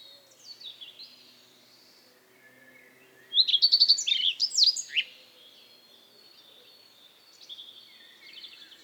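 Common redstart song: one loud, brief phrase of high repeated notes ending in a quick jumbled warble, with fainter birdsong before and after.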